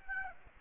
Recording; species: mosquito wingbeat signal from an infrared sensor; Aedes aegypti